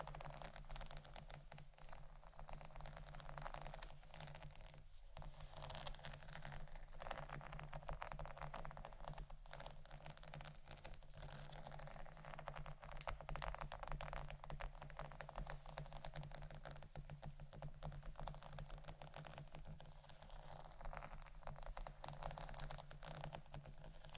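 Continuous scratching and rapid tapping form a dense, crackling stream of clicks over a steady low hum, with a brief gap near five seconds.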